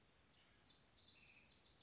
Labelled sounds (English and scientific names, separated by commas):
House Wren (Troglodytes aedon)